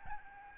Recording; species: mosquito wingbeat signal from an infrared sensor; Aedes albopictus